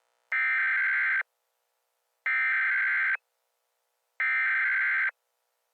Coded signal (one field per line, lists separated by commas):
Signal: Emergency Alert System (SAME) tones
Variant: header bursts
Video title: EAS Scenario: Something Wrong with COVID-19 Contaminated Licorice/The Spread of Coronavirus